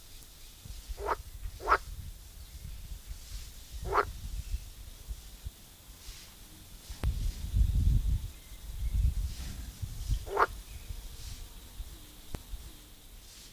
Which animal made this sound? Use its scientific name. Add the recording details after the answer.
Pelophylax esculentus. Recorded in the wild. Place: Lübars, Benekendorffstraße, Berlin, DE. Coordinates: 52.6167, 13.3469. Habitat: Gartenteich. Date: 2000-04-30 12:12. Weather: heiter, 24°C. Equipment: Nagra SN, Kopie Uher 4000 Report Monitor. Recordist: Tembrock, Günter